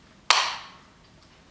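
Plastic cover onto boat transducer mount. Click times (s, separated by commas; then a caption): 0.3 s. A plastic cover is pressed down over an Airmar P66 / TM165 boat transducer mount until it locks back into place. A single sharp, loud snap hits at 0.3 s, bright and broadband, and its ring fades out over about half a second into quiet. The cover is seated and locked back on.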